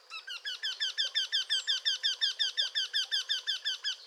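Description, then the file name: Eurasian wryneck delivering a continuous run of many evenly spaced, nasal 'kyee' calls throughout. "torcol"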